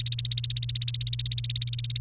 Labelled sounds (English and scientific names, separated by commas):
Domestic Canary (Serinus canaria) song